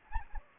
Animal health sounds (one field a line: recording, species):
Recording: mosquito wingbeat signal from an infrared sensor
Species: Anopheles gambiae